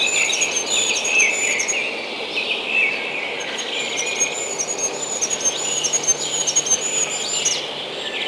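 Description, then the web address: Goldcrest's high, thin song in quick rhythmic phrases, twice, among warbling and chirping from other birds. Spring. "vremena vesna koroljok zeltogolovi"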